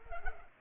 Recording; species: mosquito wingbeat signal from an infrared sensor; Culex pipiens